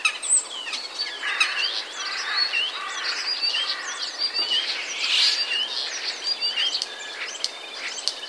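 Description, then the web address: Common Starling song, a rapid stream of squeaky, rising and falling chirps and rattles, continuous throughout. "wroblowe ptaki sturnus vulgaris. wroblowe ptaki szpak"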